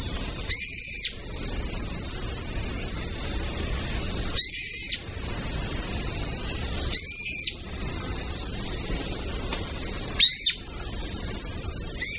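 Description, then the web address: Brown-eared bulbul repeating harsh, piercing squealing calls, several bursts spaced a few seconds apart, with a constant thin high whine running underneath. Autumn. "sikioto. akihiyodori"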